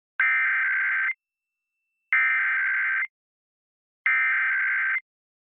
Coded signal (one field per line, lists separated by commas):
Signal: Emergency Alert System (SAME) tones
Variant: header bursts